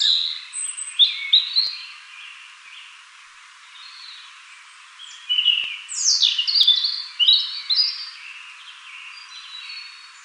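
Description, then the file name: European robin singing: bursts of thin, high, varied whistles and quick trills, with a pause between phrases and a faint background hiss. "Erithacus rubecula"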